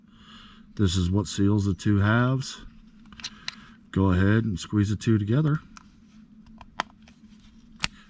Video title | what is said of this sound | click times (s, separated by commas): How to replace a 2019 Ford Escape 4 Button Remote Battery | you will hear it snap | 6.8 s, 7.8 s